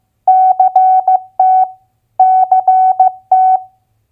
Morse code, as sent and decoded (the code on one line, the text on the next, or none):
-.-. - / -.-. -
CT CT